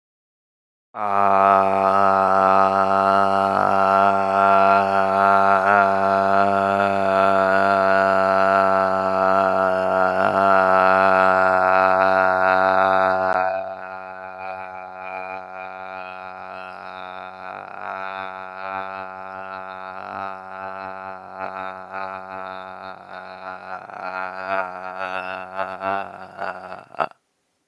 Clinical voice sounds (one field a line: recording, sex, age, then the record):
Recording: vowel held as long as possible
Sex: male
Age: 18 to 19 years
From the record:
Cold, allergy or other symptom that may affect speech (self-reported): no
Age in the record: 19 years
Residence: North Carolina, United States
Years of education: 12